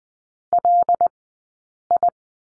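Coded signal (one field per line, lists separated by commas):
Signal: Morse code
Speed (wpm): 20 wpm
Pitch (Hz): 700 Hz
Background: none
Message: LI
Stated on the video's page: Morse lesson for the letter L at Farnsworth speed 20/10 wpm.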